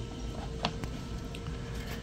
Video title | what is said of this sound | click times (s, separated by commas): DK Models German Type VII RC Submarine! | and it locks down on that pin. | 0.6 s